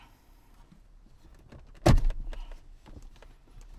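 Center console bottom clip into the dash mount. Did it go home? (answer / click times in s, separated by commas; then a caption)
yes / 1.9 s. The bottom of the center console on a Mercedes AMG GT/S is forced into its clip on the dash mount during an Android head unit upgrade install, a step that takes extra force. After quiet fumbling, one loud, sharp snap at 1.9 s seats it in place, followed by a few softer rattles. No one talks.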